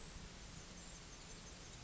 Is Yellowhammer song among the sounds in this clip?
no